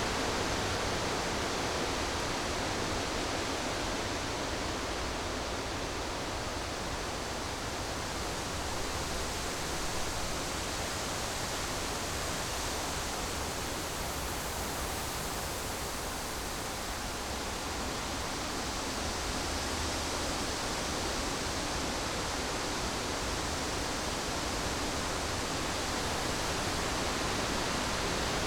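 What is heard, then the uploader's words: Wind rushes steadily through a forest in a dense, unbroken hiss, full from low rumble to bright treble, with slight swells around the middle. The Wind Blows Through The Forest.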